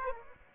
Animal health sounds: mosquito wingbeat signal from an infrared sensor; Aedes aegypti

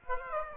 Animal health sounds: mosquito wingbeat signal from an infrared sensor; Aedes aegypti

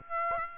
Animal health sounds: mosquito wingbeat signal from an infrared sensor; Aedes aegypti

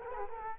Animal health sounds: mosquito wingbeat signal from an infrared sensor; Culex quinquefasciatus

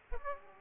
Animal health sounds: mosquito wingbeat signal from an infrared sensor; Aedes aegypti

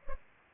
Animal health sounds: mosquito wingbeat signal from an infrared sensor; Culex pipiens

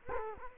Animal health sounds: mosquito wingbeat signal from an infrared sensor; Culex quinquefasciatus

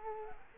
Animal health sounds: mosquito wingbeat signal from an infrared sensor; Culex quinquefasciatus

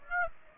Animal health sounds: mosquito wingbeat signal from an infrared sensor; Aedes aegypti

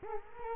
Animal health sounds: mosquito wingbeat signal from an infrared sensor; Culex quinquefasciatus

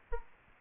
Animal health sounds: mosquito wingbeat signal from an infrared sensor; Aedes aegypti

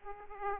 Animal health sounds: mosquito wingbeat signal from an infrared sensor; Aedes aegypti

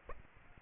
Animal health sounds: mosquito wingbeat signal from an infrared sensor; Aedes aegypti

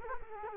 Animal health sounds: mosquito wingbeat signal from an infrared sensor; Culex quinquefasciatus

